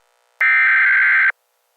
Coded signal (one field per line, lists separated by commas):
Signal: Emergency Alert System (SAME) tones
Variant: header bursts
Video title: EAS | The Attack III